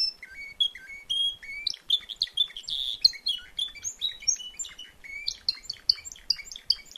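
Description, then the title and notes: Timbrado canary delivering fast repeated chirps, rolling trills and bright whistled notes, the phrases changing often. Timbrado canary singing at a canary event or competition. "Canario timbrado de Gabriel. reproduccion de un canario en evento"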